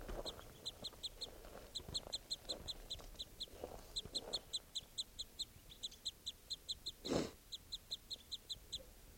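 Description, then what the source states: Crossbill calls: a steady run of short, sharp chip notes repeated several times a second, with several thumps and rustles underneath. Female by the net, one of two birds there calling loudly.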